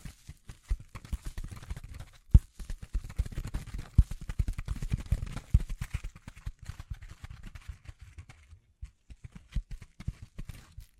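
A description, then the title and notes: Quick, uneven tapping and scratching run through the whole stretch, a dense patter of short dull knocks with light crackly scrapes over the top. A few sharper taps stand out near two, four and five seconds, and the patter thins and softens after about eight seconds. Tapping, Scratching, Brushing, Crinkles.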